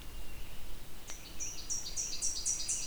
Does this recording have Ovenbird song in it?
no